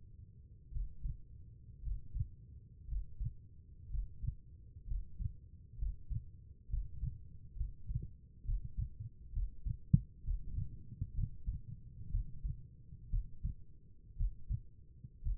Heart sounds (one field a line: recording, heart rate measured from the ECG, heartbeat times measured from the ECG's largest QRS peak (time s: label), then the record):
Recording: heart sounds by stethoscope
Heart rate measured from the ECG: 62 bpm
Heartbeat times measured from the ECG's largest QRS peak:
0.71 s: heartbeat
1.82 s: heartbeat
2.87 s: heartbeat
3.89 s: heartbeat
4.86 s: heartbeat
5.77 s: heartbeat
6.68 s: heartbeat
7.55 s: heartbeat
8.44 s: heartbeat
9.32 s: heartbeat
10.23 s: heartbeat
11.13 s: heartbeat
12.10 s: heartbeat
13.09 s: heartbeat
14.16 s: heartbeat
15.21 s: heartbeat
From the record:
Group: healthy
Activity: breath hold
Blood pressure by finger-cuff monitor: 84/58 mmHg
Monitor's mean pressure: 65 mmHg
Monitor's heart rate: 57 bpm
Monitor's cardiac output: 4 L/min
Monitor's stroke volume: 71 mL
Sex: female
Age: 36 years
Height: 163 cm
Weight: 88 kg